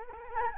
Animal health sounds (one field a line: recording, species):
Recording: mosquito wingbeat signal from an infrared sensor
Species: Anopheles arabiensis